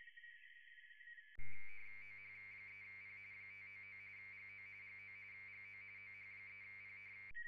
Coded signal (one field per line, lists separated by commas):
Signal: RTTY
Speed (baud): 45.45 baud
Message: OH3P 599 GO GO GO OH3P